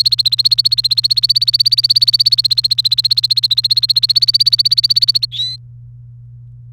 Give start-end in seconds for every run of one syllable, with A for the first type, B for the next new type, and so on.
0.00-5.25 A, 5.32-5.56 B